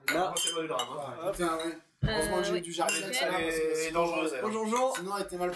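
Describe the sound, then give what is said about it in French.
Glasses clink together in a toast, bright tinkling knocks scattered among several people chattering and laughing over one another, with a brief pause partway through. “Allez, santé.”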